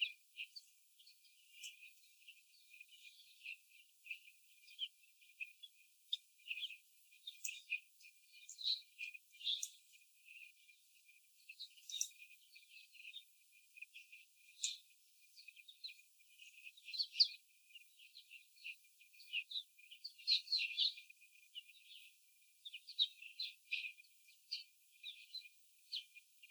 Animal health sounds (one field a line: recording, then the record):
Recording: young laying hens in a cage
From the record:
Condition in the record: before the stressor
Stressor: sudden umbrella opening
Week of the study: 3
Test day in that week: 2